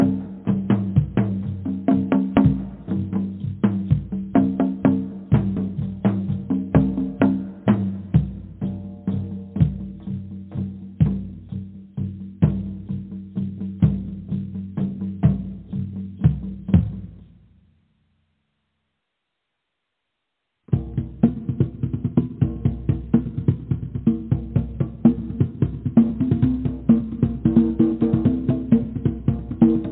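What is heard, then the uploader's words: Drumming plays in a steady, fast pattern of sharp hits over a low, rumbling tone, with no high sparkle above. It stops abruptly around seventeen seconds, leaving about three seconds of silence, then resumes at twenty-one seconds, denser and busier through the end. DRUMMING SOUNDS,VIBRATION FREQUENCIES.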